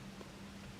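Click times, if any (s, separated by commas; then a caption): none. A removable grip cover, likely the CO2 cover, is pushed back into the frame of a cheap metal Crosman SNR357 CO2 BB and pellet revolver. Only a steady low hum and faint noise are heard, with a slight bump near 0.2 s. Nothing clicks or seats: the part fails to snap back into place, so it can open accidentally.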